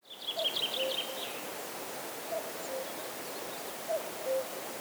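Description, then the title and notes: Common cuckoo calling cu-coo three times, falling two-note phrases, with a brief trilling songbird at the start and a light noisy background. Near the Laya river, Arkhangelsk Region, Russia; recorded on a Zoom H4n. "кукушка, в районе реки Лая."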